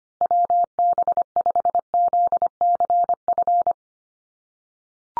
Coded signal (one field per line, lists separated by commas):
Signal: Morse code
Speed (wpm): 25 wpm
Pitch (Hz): 700 Hz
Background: none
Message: WB5ZCF